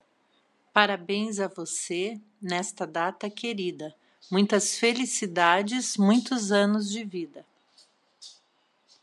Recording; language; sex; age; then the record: short text; Brazilian Portuguese; female; 50 to 59 years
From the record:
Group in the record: control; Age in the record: 51 years